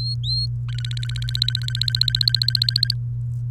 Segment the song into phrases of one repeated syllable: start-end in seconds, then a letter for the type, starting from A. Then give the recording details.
0.00-0.46 A, 0.69-2.94 B. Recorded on 28 April 2018 at 05:46. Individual llb3